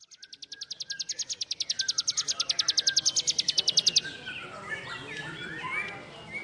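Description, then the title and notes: Bar-winged prinia song: a fast, even train of high metallic chips, swelling louder for about four seconds, then stopping; faint scattered chirps from other birds follow. Vigorously singing (gacor) birds, including young birds. "Kicau Ciblek. putri sherin. suara burung ciblek gacor dan anakan"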